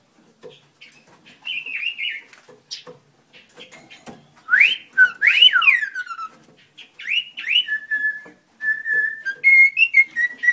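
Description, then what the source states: Spotted ground thrush singing clear whistled phrases that swoop up and down, several slurred notes in quick runs, ending with steadier high whistles; faint clicks in the background. Natal subspecies, Zoothera guttata guttata.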